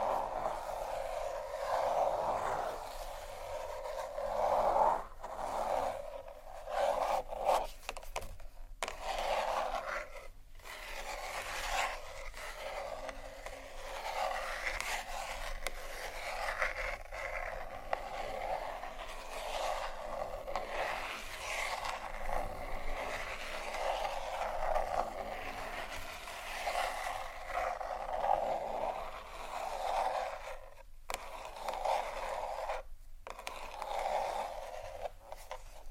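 Marble and wood are tapped and scratched, a busy run of rough scraping with crinkly bursts, mostly in the middle and upper range with little low end. Brief sharp silences cut through near 8, 10, 31 and 33 seconds, while the scratching stays fairly steady otherwise.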